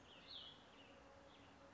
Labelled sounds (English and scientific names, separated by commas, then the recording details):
Cassin's Vireo (Vireo cassinii)
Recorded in Sonoma County, California